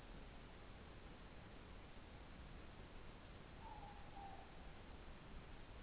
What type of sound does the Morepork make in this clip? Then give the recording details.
more-pork call. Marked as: faintness 2/5. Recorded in New Zealand. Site Taranaki